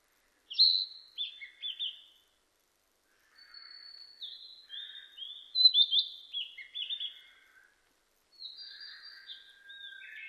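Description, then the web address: Narcissus flycatcher singing three separate phrases of clear whistles and quick slurred notes, some rich and warbled, with soft lower buzzy notes between them. Recorded 25 April 2006. "2006 060425 kibitaki"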